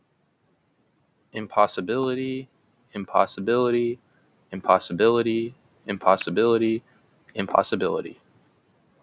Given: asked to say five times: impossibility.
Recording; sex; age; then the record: repeated word; male; 20 to 29 years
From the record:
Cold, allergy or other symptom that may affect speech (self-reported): no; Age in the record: 21 years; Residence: North Carolina, United States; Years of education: 13